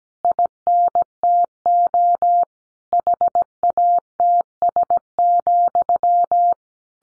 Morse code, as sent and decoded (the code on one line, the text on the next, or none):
.. -. - --- / .... .- - ... --..--
INTO HATS,